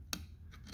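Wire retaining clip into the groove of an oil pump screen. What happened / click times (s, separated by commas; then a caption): The wire retaining clip snapped into its groove / 0.1 s. A screwdriver pries a wire retaining clip on the oil pump screen of a John Deere Model A two-cylinder tractor, part of a no-oil-pressure fix, and works the clip into its groove. A sharp metallic snap at 0.1 s is followed by low background hum and a faint tick near the end, and the clip is seated in its groove.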